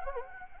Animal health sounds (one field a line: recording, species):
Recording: mosquito wingbeat signal from an infrared sensor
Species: Anopheles gambiae